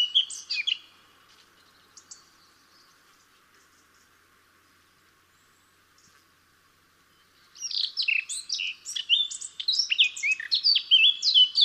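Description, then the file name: Eurasian blackcap singing: a brief chattering snatch, a long quiet pause of several seconds, then a rich burst of rapid warbling and fluty whistles to the end. "Sylvia atricapilla"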